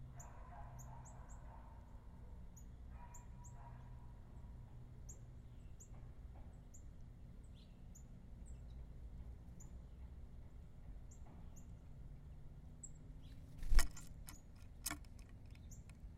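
Birds feed at a feeder close to the microphone, small high chirps repeating through the clip over a steady low rumble. Soft scratching and rustling come and go, and a sharp cluster of clicks and knocks, likely pecking or claws, lands near the end.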